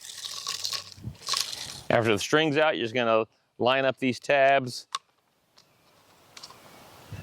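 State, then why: Not seated. With the old string removed, the plastic cover of a Kobalt 24V string trimmer head is handled and its tabs are lined up with the head before pressing it down. Light plastic clicks and rattles are heard early on while someone talks. Nothing has seated or clicked yet.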